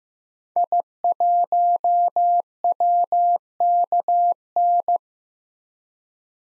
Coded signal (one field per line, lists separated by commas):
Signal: Morse code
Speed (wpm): 15 wpm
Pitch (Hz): 700 Hz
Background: none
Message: I1WKN